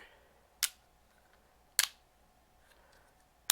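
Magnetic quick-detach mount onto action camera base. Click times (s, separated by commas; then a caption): 3.5 s. A magnetic quick-detach mount is attached to the bottom of an action camera base. Two sharp clicks ring out near 0.6 s and 1.8 s, and a final sharp click at 3.5 s is the mount locking into place.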